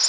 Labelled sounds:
Black-throated Green Warbler flight call

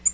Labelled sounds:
Tennessee Warbler flight call

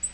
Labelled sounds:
Black-throated Green Warbler flight call

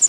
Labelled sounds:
Prairie Warbler flight call

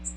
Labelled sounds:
Magnolia Warbler flight call

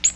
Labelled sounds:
Ovenbird flight call

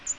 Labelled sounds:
American Redstart flight call

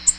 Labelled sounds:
Nashville Warbler flight call

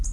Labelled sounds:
Red-faced Warbler flight call

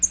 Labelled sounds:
American Redstart flight call

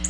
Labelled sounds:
Black-throated Blue Warbler flight call

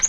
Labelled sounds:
Yellow-rumped Warbler flight call

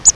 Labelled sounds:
Grace's Warbler flight call

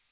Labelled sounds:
Magnolia Warbler flight call

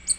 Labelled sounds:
Ovenbird flight call

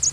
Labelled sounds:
American Redstart flight call

